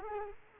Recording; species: mosquito wingbeat signal from an infrared sensor; Culex quinquefasciatus